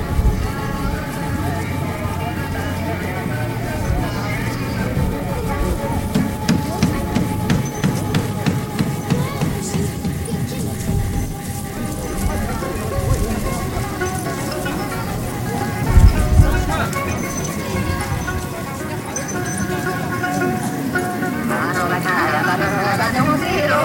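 Pilgrims walk the kora around the Jokhang temple in Lhasa, their voices forming a steady, dense murmur of overlapping talk. Footsteps and small clacks tick through throughout, a low rumble runs underneath, and a brief louder thump lands around sixteen seconds.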